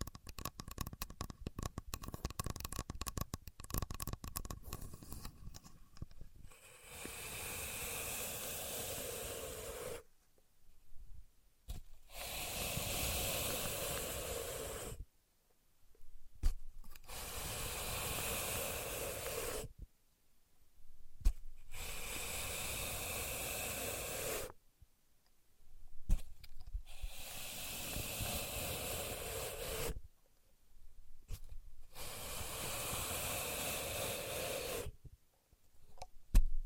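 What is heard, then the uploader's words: A contour gauge is worked by hand, opening with about six seconds of dense, rapid ticking and clicking from its pins. After that come long, bright, hissing scrapes, each lasting three to four seconds, repeated about six times with short silent gaps between them. Using A Contour Gauge (No Talking).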